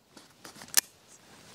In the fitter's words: clicked into place sir that's it